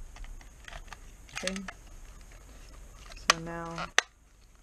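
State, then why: Not seated. Plastic housing parts of an Aiwa Cross Trainer HS-SP550 portable cassette player are handled and pressed together during reassembly, giving small ticks and plastic rattles while someone talks. A brief sharp tap lands near 3.3 s and another near 4.0 s. Nothing has seated or clicked into place yet.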